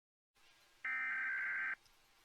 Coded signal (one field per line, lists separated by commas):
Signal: Emergency Alert System (SAME) tones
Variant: header bursts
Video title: SCP V11 Containment Breach EAS Scenario Part 1